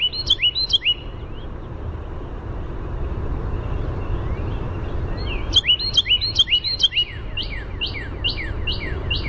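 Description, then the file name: Carolina wren singing loud, ringing repeated phrases: a short series at the start, then after a pause a longer run of phrases, with steady low rumble behind. "CARW song"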